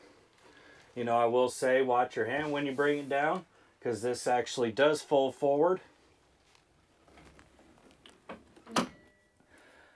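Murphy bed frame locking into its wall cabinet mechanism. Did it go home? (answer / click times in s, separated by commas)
yes / 8.8 s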